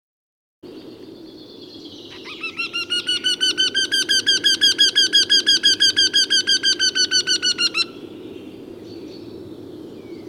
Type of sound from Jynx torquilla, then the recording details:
call. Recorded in the wild. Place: Groß Nemerow, Mecklenburg-Vorpommern, DE. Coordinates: 53.345, 13.205. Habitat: Forest. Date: 1982-04-26 09:28. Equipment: Nagra III BH, Sennheiser MD 21, parabola. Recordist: Schubert, Michael